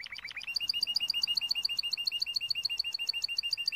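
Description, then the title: Timbrado canary song opening with a few falling notes, then a long, regular rapid trill of bright repeated syllables. Canary training video for Timbrado song. "Canary Bird Singing - Timbrado training video"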